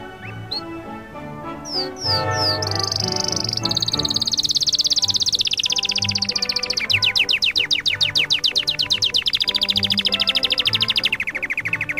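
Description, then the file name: Canary song, descending chirps building into a long, loud, rapidly pulsing trill that gradually lowers in pitch, over faint background music. Canary song mixed with music. "suara kenari dan musik"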